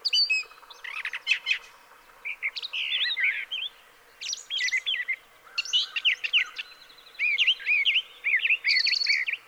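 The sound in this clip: Brown thrasher song of varied harsh and whistled phrases, some doubled, coming in bursts separated by short pauses.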